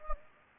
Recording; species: mosquito wingbeat signal from an infrared sensor; Anopheles gambiae